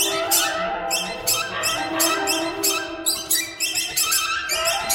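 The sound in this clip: Bird calls come fast and overlapping, shrill rasping squawks about three a second over a continuous layer of tonal chatter.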